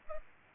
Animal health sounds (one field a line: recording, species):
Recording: mosquito wingbeat signal from an infrared sensor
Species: Culex pipiens